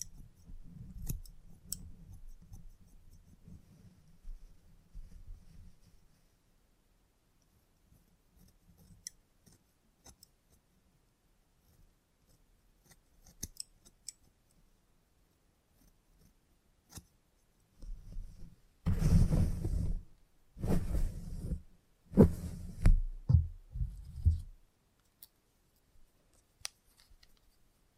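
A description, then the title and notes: Salon haircut sounds: soft low rustling and scissor snips early, a quiet stretch of scattered clicks, then loud bursts of handling around 19–25 seconds. Salon Haircut Head Massage, Scissors and Clipper.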